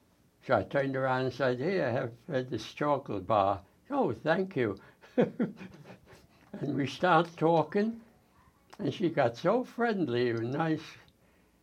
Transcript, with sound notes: So I turned around and said, 'Here, have -- have this chocolate bar." "Oh, thank you." [laughs] And we start talking and she got so friendly and nice